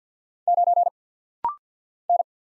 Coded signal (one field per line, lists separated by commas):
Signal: Morse code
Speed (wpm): 50 wpm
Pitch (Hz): 700 Hz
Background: none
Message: 9 N